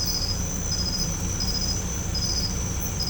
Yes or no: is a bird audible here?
no